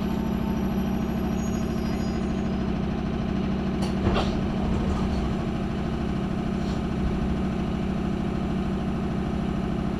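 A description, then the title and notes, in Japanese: A local train on the Chūō East Line sits stopped at Shiotsu Station, waiting for an express to pass. A steady low hum and drone fill the clip without change, with a faint high whine early on. Brief clicks and clatter come just after four seconds. 中央東線普通 大月→高尾。四方津駅で特急の通過待ちで9分停車します。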